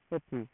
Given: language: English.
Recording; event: throat vibration sensor signal played as sound; speech